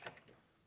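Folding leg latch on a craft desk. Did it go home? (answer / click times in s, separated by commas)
yes / 0.1 s, 0.2 s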